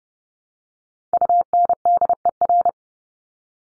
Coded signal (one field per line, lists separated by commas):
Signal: Morse code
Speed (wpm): 30 wpm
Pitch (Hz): 700 Hz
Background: none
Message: UNDER